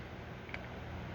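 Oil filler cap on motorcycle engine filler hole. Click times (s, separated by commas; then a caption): 0.5 s. An oil filler cap is placed by hand on the filler hole of a motorcycle engine and turned the loosening way, so the thread start drops in without cross-threading. A faint tick at 0.5 s is followed by a sharper click at 0.5 s over a low steady background. The cap's thread drops into place and is seated.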